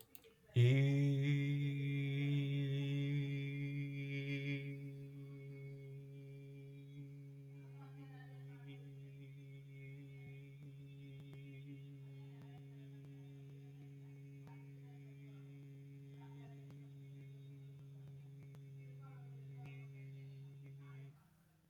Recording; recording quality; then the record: sustained vowel as in beet; excellent, no background noise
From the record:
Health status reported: healthy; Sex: male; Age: 18 years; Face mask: not worn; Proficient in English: yes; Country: India